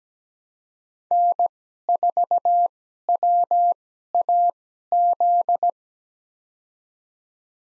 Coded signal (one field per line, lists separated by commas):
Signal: Morse code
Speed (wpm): 17 wpm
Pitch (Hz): 700 Hz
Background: none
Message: N4WAZ